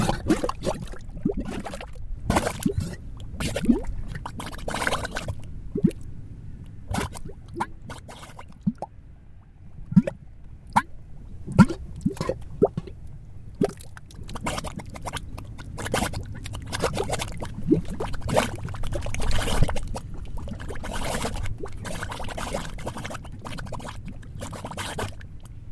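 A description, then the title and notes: Mudpots bubble and pop in an irregular stream of wet, thick plops and bursts, some sharp and bright, most deep and gloopy. A low churning rumble runs underneath throughout, with the popping growing denser and busier in the second half. Sound Break: Mudpots.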